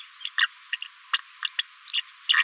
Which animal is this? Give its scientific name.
Forpus passerinus